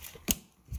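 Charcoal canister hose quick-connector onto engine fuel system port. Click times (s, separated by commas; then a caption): 0.3 s. A charcoal canister hose quick-connect fitting is squeezed and pushed down onto a fuel system port of an EA888 engine being fitted into a VW Golf Mk6 GTI TSI. After a faint tick near 0.1 s, one sharp, bright click sounds at 0.3 s as the connector clips in and seats, followed by a low rumbling noise toward the end.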